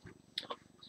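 A small 2x2 plastic pillar brick is pressed onto a MEGA BLOKS Halo UNSC Elephant brick model and snaps into place with one sharp click at 0.4 s. Softer ticks and taps occur around it, and the brick is seated.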